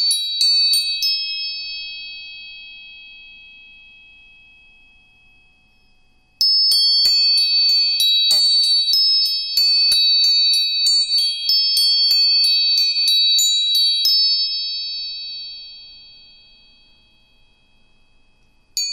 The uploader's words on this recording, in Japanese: 音叉チューニング全体性。